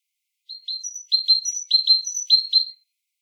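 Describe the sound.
Great tit song: a clean, repeated phrase of two lower notes and a higher one, given several times with no other sounds.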